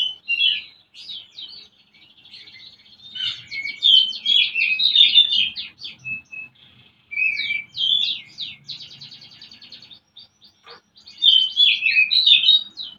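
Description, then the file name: Oriental magpie-robin pouring out a long varied song of whistles, buzzy trills and rapid repeated notes in several bursts split by brief gaps. Lure recording used to stimulate a bird's singing and breeding arousal (birahi). "kacer pancingan birahi"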